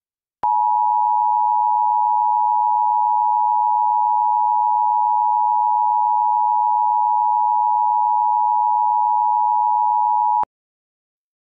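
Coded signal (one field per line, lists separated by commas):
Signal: Emergency Alert System (SAME) tones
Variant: 853 and 960 Hz attention tone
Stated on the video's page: Fictional joke EAS scenario about poisonous shakes, a simulated alert.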